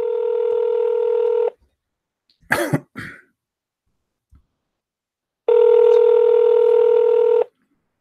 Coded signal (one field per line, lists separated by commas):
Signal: telephone call progress tone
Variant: North America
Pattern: ringback tone